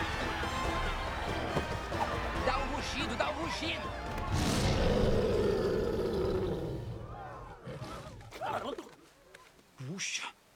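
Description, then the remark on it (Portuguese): A person lets out a loud, sustained roar lasting a few seconds, a voice imitating a wild animal, with excited talking and babble before and after it. “Eu nunca tinha ouvido você rugir assim.”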